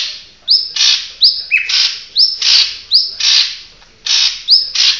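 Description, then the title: Bird chirping, loud alternating whistled notes and harsh raspy chirps in quick succession, with a short lower whistle and a brief pause midway. "SuaraBurung Kicau"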